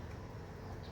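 The top hose quick-connector of a Mishimoto oil catch can line is being handled toward its engine fitting on a 2022 Camaro SS 6.2L V8 with a 6-speed manual and direct gas injection. Only a steady low-frequency rumble with faint broadband hiss is heard, with no distinct transients or speech. Nothing has seated or clicked yet.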